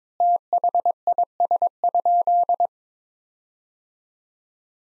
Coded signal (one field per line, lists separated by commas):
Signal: Morse code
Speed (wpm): 22 wpm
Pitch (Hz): 700 Hz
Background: none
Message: THIS?